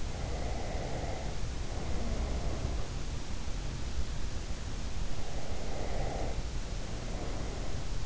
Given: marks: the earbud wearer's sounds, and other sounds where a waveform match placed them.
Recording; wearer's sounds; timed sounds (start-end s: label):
sounds in sleep by an in-ear microphone; breath
0.11-2.89 s: breath
5.41-8.06 s: breath